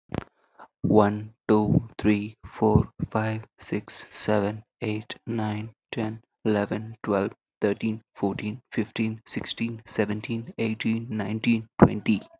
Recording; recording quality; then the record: counting at a normal pace; excellent, no background noise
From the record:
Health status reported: healthy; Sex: male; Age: 18 years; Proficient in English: yes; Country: India